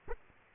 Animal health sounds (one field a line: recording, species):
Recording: mosquito wingbeat signal from an infrared sensor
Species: Aedes aegypti